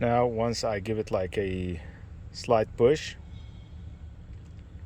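With the horn and airbag wires connected, a driver airbag module is being handled at the steering wheel of a 2021 Ford F-150, about to be pushed lightly in until its retaining clips catch. Someone talks over a steady low hum, then the speech stops and only quiet background remains. Nothing has seated or clicked yet.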